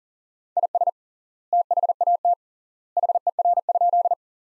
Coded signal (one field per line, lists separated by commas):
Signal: Morse code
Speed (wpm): 40 wpm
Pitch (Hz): 700 Hz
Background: none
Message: IS THAT HER?